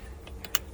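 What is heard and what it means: The locking lever at the top of a small Baboni wall-mounted pet door is pulled to the side, and the plastic locking cover plate is pulled out of the door frame. Light plastic clicks come at about 0.3 s and 0.5 s, then a sharper, louder click at 0.6 s as the plate latch releases.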